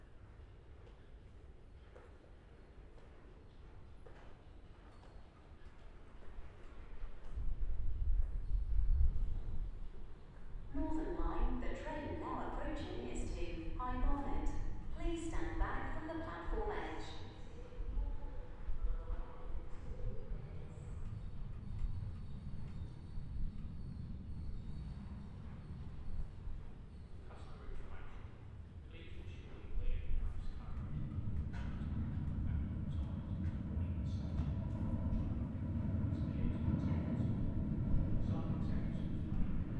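An empty Underground train rumbles low throughout, quiet at first and swelling around eight seconds. A woman's voice speaks from roughly 11 to 19 seconds over the drone, then scattered clicks follow before a heavier, louder roar takes over from 30 seconds onward.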